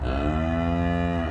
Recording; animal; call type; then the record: contact call of a hoofed animal; cattle; low-frequency (closed-mouth) or high-frequency (open-mouth) call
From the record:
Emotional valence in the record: negative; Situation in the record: full separation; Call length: 1.30 s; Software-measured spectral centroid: 1140 Hz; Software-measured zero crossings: 860 a second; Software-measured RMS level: -24 dBFS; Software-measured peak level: -14 dBFS